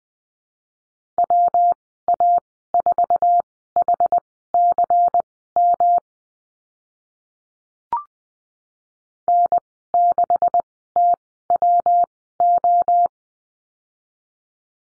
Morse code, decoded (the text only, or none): WA4HCM N6TWO